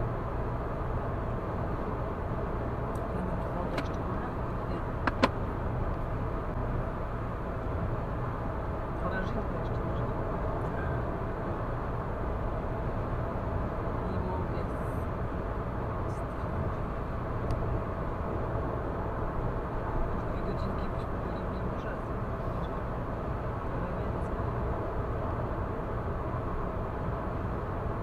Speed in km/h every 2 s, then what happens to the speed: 105, 105, 105, 106, 106, 105, 105, 105, 106, 105, 106, 106, 106, 106.
0-28 steady at about 105.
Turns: none.